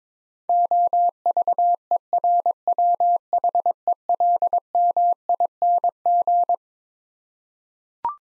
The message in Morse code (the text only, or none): OVERWHELMING